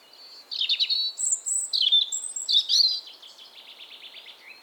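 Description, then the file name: European robin song: a rich, high warbling phrase of slurred whistles and twitters, closing with a soft, rapid trill. "Erithacus rubecula 240917"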